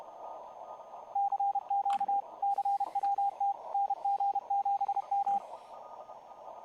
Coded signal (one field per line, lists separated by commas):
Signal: Morse code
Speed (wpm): 32 wpm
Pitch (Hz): 810 Hz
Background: radio noise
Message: CQ CWT NG7M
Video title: NG7M Live CWOps CWT Mini / Utah Amateur Radio Club W7SP HF Remote